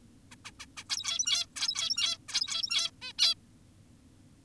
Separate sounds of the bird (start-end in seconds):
0.32-0.35, 0.45-0.51, 0.60-0.66, 0.77-0.84, 0.90-1.46, 1.56-2.18, 2.28-2.91, 3.02-3.13, 3.19-3.34